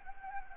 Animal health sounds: mosquito wingbeat signal from an infrared sensor; Anopheles gambiae

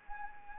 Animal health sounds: mosquito wingbeat signal from an infrared sensor; Anopheles gambiae

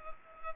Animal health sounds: mosquito wingbeat signal from an infrared sensor; Culex pipiens

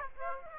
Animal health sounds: mosquito wingbeat signal from an infrared sensor; Aedes aegypti

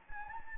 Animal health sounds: mosquito wingbeat signal from an infrared sensor; Anopheles gambiae

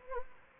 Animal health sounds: mosquito wingbeat signal from an infrared sensor; Anopheles gambiae

